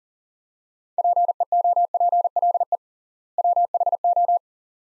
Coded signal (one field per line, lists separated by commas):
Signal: Morse code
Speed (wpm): 40 wpm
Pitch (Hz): 700 Hz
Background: none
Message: PEOPLE WHO